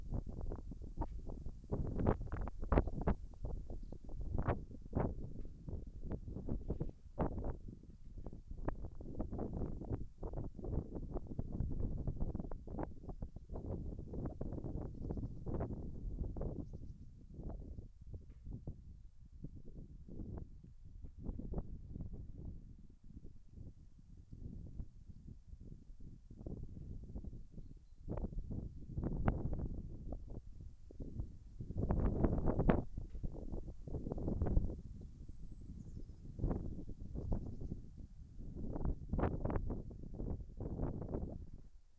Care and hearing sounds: everyday scene through a hearing-aid microphone; wind on the microphone; wind, other noises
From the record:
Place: in front of a rural house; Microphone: behind the ear, right, rear

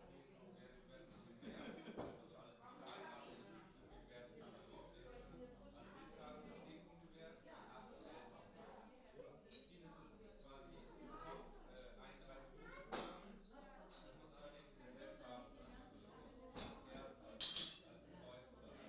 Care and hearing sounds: everyday scene through a hearing-aid microphone; many people talking; many voices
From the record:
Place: parish hall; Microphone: in the ear canal, left

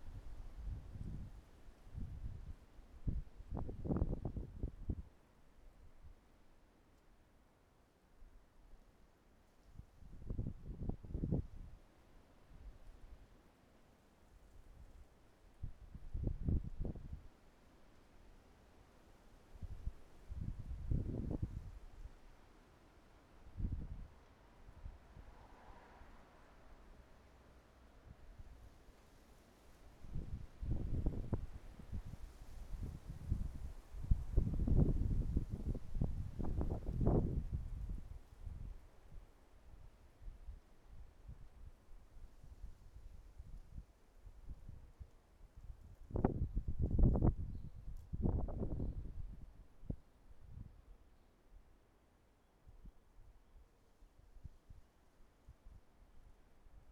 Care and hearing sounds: everyday scene through a hearing-aid microphone; wind on the microphone; wind, traffic, birds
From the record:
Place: suburban garden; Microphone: behind the ear, right, front

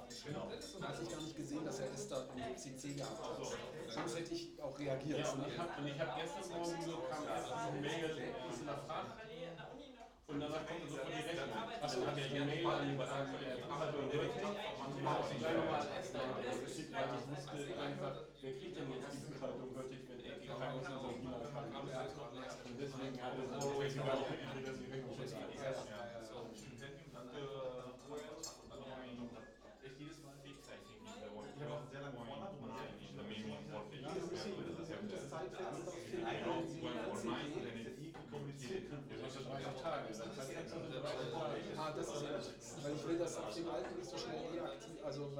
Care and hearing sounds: everyday scene through a hearing-aid microphone; many people talking; many voices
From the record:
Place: bistro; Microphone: in the ear canal, right

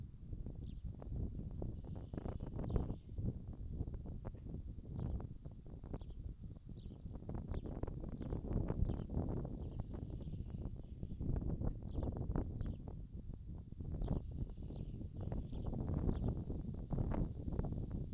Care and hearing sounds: everyday scene through a hearing-aid microphone; wind on the microphone; wind, birds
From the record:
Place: in front of a rural house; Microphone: in the ear canal, left

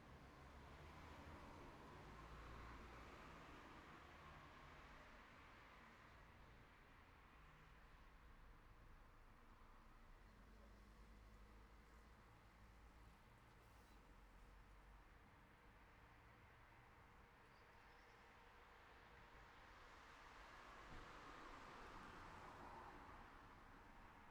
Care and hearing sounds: everyday scene through a hearing-aid microphone; in traffic; traffic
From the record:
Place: city secondary road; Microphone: behind the ear, right, front

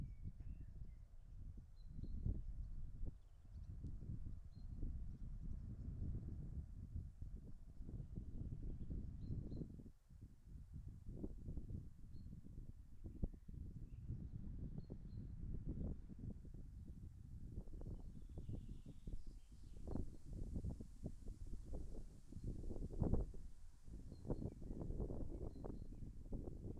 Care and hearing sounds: everyday scene through a hearing-aid microphone; wind on the microphone; wind, birds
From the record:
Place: in front of a rural house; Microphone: behind the ear, left, front

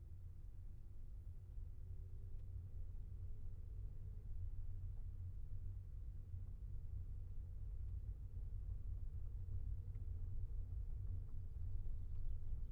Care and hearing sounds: everyday scene through a hearing-aid microphone; in a vehicle; engine, rumble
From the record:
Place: Skoda Fabia, gasoline engine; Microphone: behind the ear, left, front

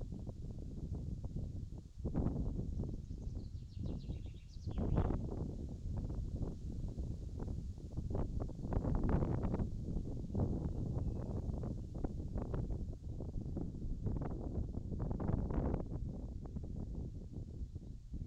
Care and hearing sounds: everyday scene through a hearing-aid microphone; wind on the microphone; wind, birds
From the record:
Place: in front of a rural house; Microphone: in the ear canal, left

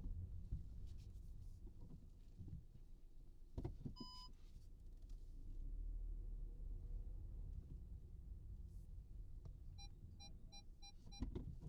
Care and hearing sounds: everyday scene through a hearing-aid microphone; in a vehicle; engine, rumble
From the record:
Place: Skoda Fabia, gasoline engine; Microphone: in the ear canal, right

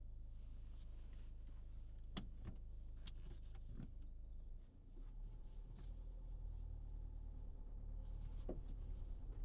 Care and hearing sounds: everyday scene through a hearing-aid microphone; in a vehicle; engine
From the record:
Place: Berlingo II, diesel engine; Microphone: in the ear canal, right

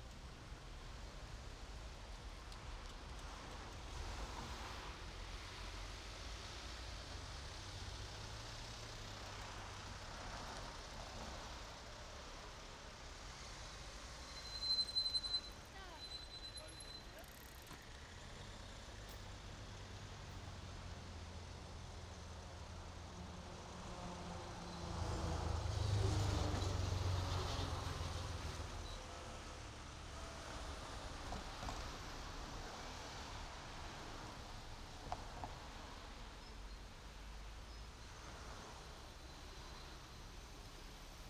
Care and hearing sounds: everyday scene through a hearing-aid microphone; in traffic; traffic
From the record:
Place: main road on the outskirts, rush hour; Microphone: in the ear canal, right

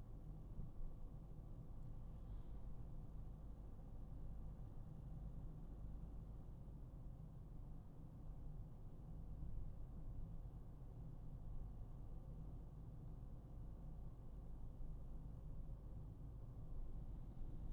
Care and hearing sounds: everyday scene through a hearing-aid microphone; in a vehicle; engine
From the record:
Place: Berlingo II, diesel engine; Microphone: behind the ear, right, rear

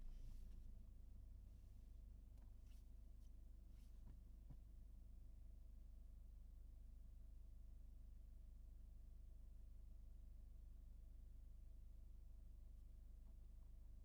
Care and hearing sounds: everyday scene through a hearing-aid microphone; in a vehicle; engine idling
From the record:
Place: Berlingo II, diesel engine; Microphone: behind the ear, right, rear

